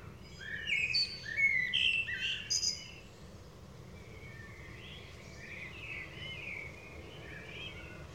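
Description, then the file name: Common blackbird, several quick whistled and twittering notes in the first three seconds, then quieter warbling notes, with continuous low rumbling noise beneath. "Turdus merula"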